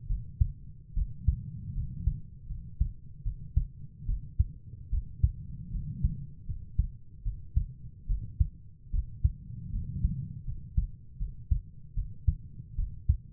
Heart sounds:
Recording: heart sounds by stethoscope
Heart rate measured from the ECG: 76 bpm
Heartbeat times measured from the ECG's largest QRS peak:
0.08 s: heartbeat
0.95 s: heartbeat
1.75 s: heartbeat
2.48 s: heartbeat
3.24 s: heartbeat
4.07 s: heartbeat
4.91 s: heartbeat
5.72 s: heartbeat
6.47 s: heartbeat
7.24 s: heartbeat
8.08 s: heartbeat
8.92 s: heartbeat
9.72 s: heartbeat
10.46 s: heartbeat
11.19 s: heartbeat
11.95 s: heartbeat
12.76 s: heartbeat
From the record:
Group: healthy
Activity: rest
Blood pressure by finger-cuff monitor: 108/56 mmHg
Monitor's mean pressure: 73 mmHg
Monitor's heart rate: 73 bpm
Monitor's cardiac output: 7 L/min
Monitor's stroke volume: 93 mL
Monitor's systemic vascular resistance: 740 dyn s/cm5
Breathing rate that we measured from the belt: 15 breaths a minute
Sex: female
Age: 22 years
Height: 160 cm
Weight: 63 kg

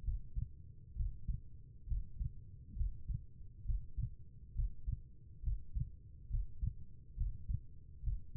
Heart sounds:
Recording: heart sounds by stethoscope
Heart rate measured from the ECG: 68 bpm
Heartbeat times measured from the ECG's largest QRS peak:
0.03 s: heartbeat
0.95 s: heartbeat
1.86 s: heartbeat
2.75 s: heartbeat
3.64 s: heartbeat
4.54 s: heartbeat
5.42 s: heartbeat
6.29 s: heartbeat
7.16 s: heartbeat
8.02 s: heartbeat
From the record:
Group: healthy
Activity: Valsalva maneuver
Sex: female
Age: 36 years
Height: 163 cm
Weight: 88 kg

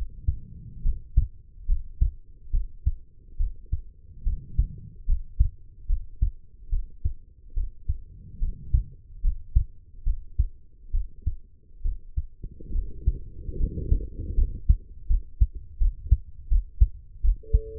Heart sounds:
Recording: heart sounds by stethoscope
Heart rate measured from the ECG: 73 bpm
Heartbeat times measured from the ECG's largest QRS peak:
0.83 s: heartbeat
1.66 s: heartbeat
2.51 s: heartbeat
3.37 s: heartbeat
4.23 s: heartbeat
5.06 s: heartbeat
5.87 s: heartbeat
6.70 s: heartbeat
7.54 s: heartbeat
8.39 s: heartbeat
9.21 s: heartbeat
10.04 s: heartbeat
10.91 s: heartbeat
11.82 s: heartbeat
12.72 s: heartbeat
13.57 s: heartbeat
14.35 s: heartbeat
15.07 s: heartbeat
15.78 s: heartbeat
16.48 s: heartbeat
17.21 s: heartbeat
From the record:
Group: healthy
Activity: rest 0-16 s, Valsalva maneuver 16-18 s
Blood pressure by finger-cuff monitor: 105/72 mmHg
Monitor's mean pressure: 83 mmHg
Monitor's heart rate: 72 bpm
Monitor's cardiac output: 5.3 L/min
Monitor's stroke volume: 74 mL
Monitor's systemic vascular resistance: 1130 dyn s/cm5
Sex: female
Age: 23 years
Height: 160 cm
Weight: 50.4 kg

